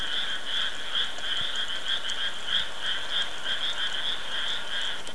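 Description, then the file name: Frog call: a dense chorus of rapid, rattling croaks, pulsing about three times a second and continuing throughout without a break. "kaeru"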